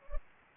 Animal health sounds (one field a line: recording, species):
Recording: mosquito wingbeat signal from an infrared sensor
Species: Anopheles arabiensis